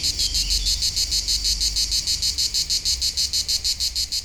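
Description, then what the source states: Cicadas producing a rhythmic high-pitched buzz in rapid pulses, with a short faint whistle early on. Local cicadas in full activity on a hot summer day at the foot of the Molard de Vions, 39 Rue de Boveron, Vions, France; rhythmic song.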